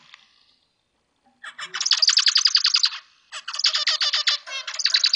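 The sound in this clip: Zebra finch song: after a short quiet spell, rapid harsh buzzy notes in two quick runs separated by a brief pause.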